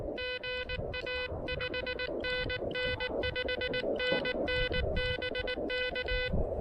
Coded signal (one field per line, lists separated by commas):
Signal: Morse code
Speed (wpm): 19 wpm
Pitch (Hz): 1500 Hz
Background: none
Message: GA 5NN 5NN BK